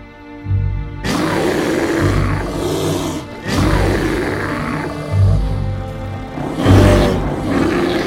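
A menacing animal growl from Surt, deep and rumbling, comes in three long surges of rough, roaring breath with brief pauses between them, loud and with no one talking.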